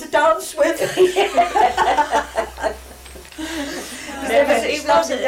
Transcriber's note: general laughter